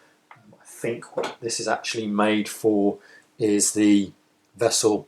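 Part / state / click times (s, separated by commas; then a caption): 2-way bit adapter into impact driver chuck / not seated / none. The 1/4-inch hex end of a 2-way bit adapter is put into a standard UK impact driver chuck, where it goes in and can spin but does not lock in at all. Two short taps are heard at 0.3 s and 0.5 s, then someone talks. Nothing has locked or clicked into place.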